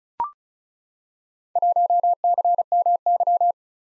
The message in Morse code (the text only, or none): 1CMY